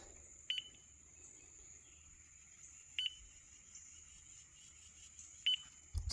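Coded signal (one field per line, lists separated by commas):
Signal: beep code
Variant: Mighty Mule gate opener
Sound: a quick high double chirp repeating about every two and a half seconds, three times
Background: low hum, faint background noise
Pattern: 2 short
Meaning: The gate opener has an error that has stopped the gate working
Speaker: So that beeping. Happens, I'd say about once every three seconds.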